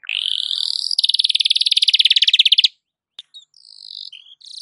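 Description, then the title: Belgian canary singing a rising buzzy note into a fast, even rattling trill, then brief chips and a new high rolling phrase. Belgian canary morning song, used to warm up a canary and described as suited for masteran (tutoring). "Canto Para Esquentar Canário Belga. SUARA BURUNG KENARI DI PAGI HARI COCOK BUAT MASTERAN"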